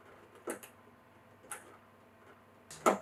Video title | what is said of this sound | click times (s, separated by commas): How To Assemble, Use & Clean a 5L Mini Keg Beer Pump Dispenser - Baridi By Dellonda | until we hear that noise of it cracking at the end | 2.9 s